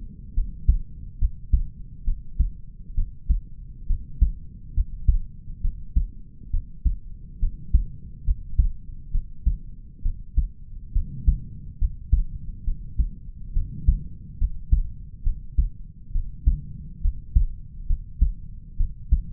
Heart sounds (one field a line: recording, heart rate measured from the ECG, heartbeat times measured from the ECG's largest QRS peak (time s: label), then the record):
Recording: heart sounds by stethoscope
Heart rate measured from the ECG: 68 bpm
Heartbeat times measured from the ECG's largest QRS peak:
0.34 s: heartbeat
1.18 s: heartbeat
2.04 s: heartbeat
2.95 s: heartbeat
3.87 s: heartbeat
4.74 s: heartbeat
5.61 s: heartbeat
6.50 s: heartbeat
7.39 s: heartbeat
8.24 s: heartbeat
9.11 s: heartbeat
10.02 s: heartbeat
10.93 s: heartbeat
11.78 s: heartbeat
12.64 s: heartbeat
13.53 s: heartbeat
14.38 s: heartbeat
15.23 s: heartbeat
16.12 s: heartbeat
17.01 s: heartbeat
17.87 s: heartbeat
18.77 s: heartbeat
From the record:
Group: healthy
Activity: rest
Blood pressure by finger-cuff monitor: 100/77 mmHg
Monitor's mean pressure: 84 mmHg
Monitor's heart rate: 68 bpm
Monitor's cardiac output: 4.8 L/min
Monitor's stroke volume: 71 mL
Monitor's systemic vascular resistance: 1270 dyn s/cm5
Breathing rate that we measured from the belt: 19 breaths a minute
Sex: male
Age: 20 years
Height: 187 cm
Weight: 68.9 kg